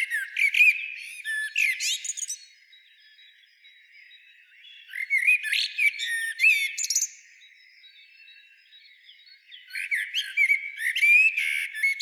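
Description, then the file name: Common blackbird song: three phrases about five seconds apart, each a fluted warble mixed with squeaky high twitters, with quiet pauses between. "Turdus merula"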